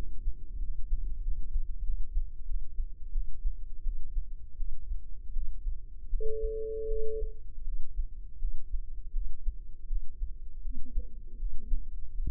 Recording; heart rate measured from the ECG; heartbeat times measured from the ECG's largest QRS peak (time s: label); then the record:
heart sounds by microphone in the left ear; 83 bpm
0.58 s: heartbeat
1.20 s: heartbeat
1.82 s: heartbeat
2.44 s: heartbeat
3.11 s: heartbeat
3.82 s: heartbeat
4.55 s: heartbeat
5.32 s: heartbeat
6.08 s: heartbeat
6.86 s: heartbeat
7.63 s: heartbeat
8.38 s: heartbeat
9.11 s: heartbeat
9.86 s: heartbeat
10.60 s: heartbeat
11.36 s: heartbeat
12.13 s: heartbeat
From the record:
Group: healthy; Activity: breath hold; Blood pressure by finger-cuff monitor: 102/63 mmHg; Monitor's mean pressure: 75 mmHg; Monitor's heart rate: 82 bpm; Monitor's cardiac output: 7.3 L/min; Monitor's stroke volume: 83 mL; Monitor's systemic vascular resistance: 730 dyn s/cm5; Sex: female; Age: 19 years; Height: 163 cm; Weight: 48.9 kg